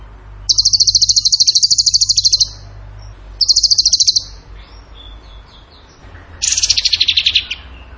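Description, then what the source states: Bird song in bursts: two fast, high trills, then a brief soft twittering and a final trill that falls slightly in pitch. Songbird training audio (masteran) in the tembakan gacor song style.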